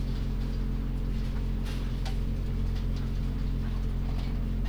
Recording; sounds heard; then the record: poultry house recording; sick chickens (respiratory disease)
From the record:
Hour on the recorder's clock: 23